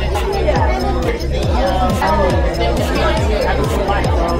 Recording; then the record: background sound without coughing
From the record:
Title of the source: Nightlife Party Simulating Party Club Noise 1 Hour